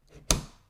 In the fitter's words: Вы услышали, раздался щелчок и пила зафиксировалась на глубине пропила 30 мм.